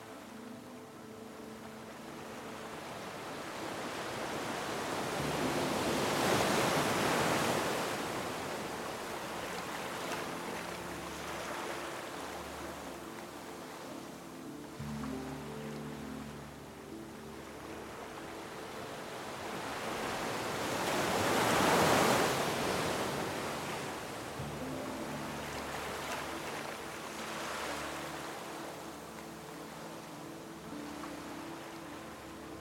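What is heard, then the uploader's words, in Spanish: Gentle ocean waves wash in under a soft, sustained melody. The surf swells slowly, rising to fuller crests around 6 and 22 seconds before easing back, while low held chords shift quietly every several seconds beneath the hiss. OLAS Apaciguadoras y MELODÍA Serena. El murmullo de las olas y las armonías suaves.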